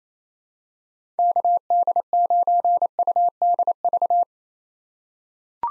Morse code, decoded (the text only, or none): KD9UDV